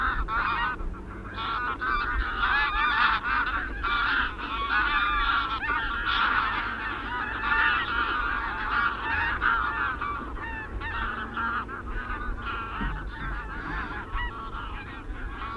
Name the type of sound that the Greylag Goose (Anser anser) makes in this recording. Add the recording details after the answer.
call. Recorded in the wild. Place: Zicker, Insel Rügen, Mecklenburg-Vorpommern, DE. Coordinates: 54.25, 13.41. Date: 1970-08-30. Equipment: Nagra III BH, Sennheiser MD 21, parabola. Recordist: Schubert, Michael